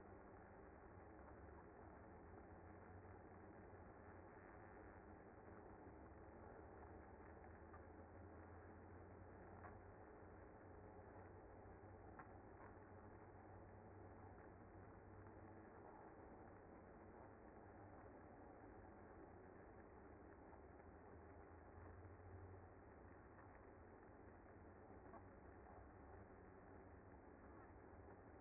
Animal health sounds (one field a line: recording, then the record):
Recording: honeybee colony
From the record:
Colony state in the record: active